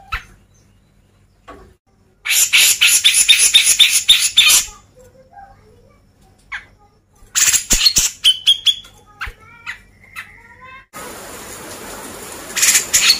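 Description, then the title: Grey-cheeked bulbul song in loud harsh chattering bursts, high and scratchy with a few clear whistled notes, broken by short silences. Masteran, a training recording played to caged birds. "MASTERAN CUCAK JENGGOT"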